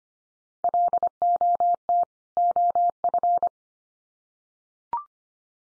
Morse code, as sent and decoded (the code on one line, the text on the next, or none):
.-.. --- - / --- ..-.
LOT OF